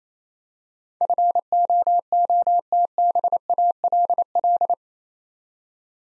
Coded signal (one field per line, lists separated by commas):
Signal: Morse code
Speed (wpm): 28 wpm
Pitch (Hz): 700 Hz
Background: none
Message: FOOTBALL